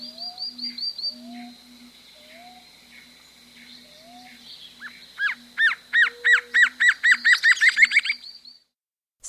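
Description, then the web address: Black-crested antshrike: an accelerating series of hooked notes follows fainter whistled phrases and other background sounds. South America. "Natures Songs S America Black-Crested Antshrike"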